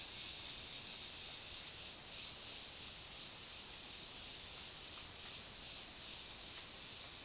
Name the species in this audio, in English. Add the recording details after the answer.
none. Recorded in dense forest near Puerto Asís, Putumayo, Colombia, on 20 February 2024 at 12:00. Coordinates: 0.502, -76.326. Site G6460